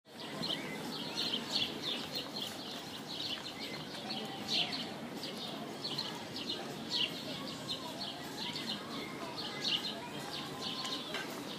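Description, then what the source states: Birds twittering in a continuous mixed chorus of high chirps, some phrases louder than others. Birds singing in an aviary.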